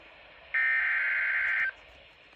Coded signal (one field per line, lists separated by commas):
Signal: Emergency Alert System (SAME) tones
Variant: header bursts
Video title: KXI93 Severe Thunderstorm Warning. 6/9/25 EAS #435